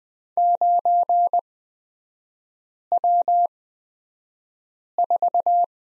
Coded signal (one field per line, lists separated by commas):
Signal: Morse code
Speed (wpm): 20 wpm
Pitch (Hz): 700 Hz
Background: none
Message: 9W4